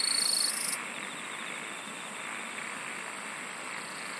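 Insects singing, a loud high trill at the start breaking off, then a steady buzzing chorus with faint pulsed trills returning near the end.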